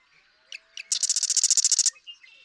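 Marsh Wren song: two quick introductory ticks, then a single fast, buzzy rattle lasting about a second.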